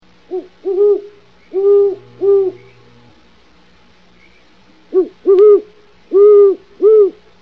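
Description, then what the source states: Great horned owl hooting, two rhythmic series of deep, stuttering hoots, the first four notes in the opening seconds, then a pause and another series of four hoots. Recorded in northwest California.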